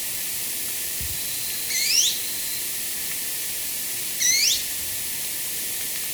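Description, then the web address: Jet manakin calls: two brief high sweeping notes, about two and a half seconds apart, over steady loud hiss. Recorded in Ecuador. "Birds of Ecuador. Jet Manakin"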